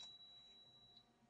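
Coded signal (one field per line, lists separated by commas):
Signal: beep code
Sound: one long, steady, high-pitched beep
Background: quiet room hiss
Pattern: 1 long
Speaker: 1 2 3 4 5 et là ça va faire un bipelon. Donc il a bien pris la modification avec 1 2 3 4 5.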